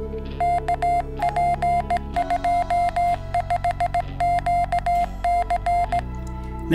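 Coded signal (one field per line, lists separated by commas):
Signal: Morse code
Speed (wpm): 17 wpm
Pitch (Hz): 700 Hz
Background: none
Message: KP25QC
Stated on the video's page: Timed CW beacon sent from an Android app for reception by the Reverse Beacon Network, for propagation or antenna performance studies.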